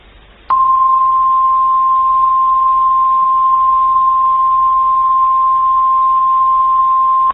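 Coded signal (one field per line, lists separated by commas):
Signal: Emergency Alert System (SAME) tones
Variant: 1050 Hz attention tone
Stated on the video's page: Fictional mini EAS scenario.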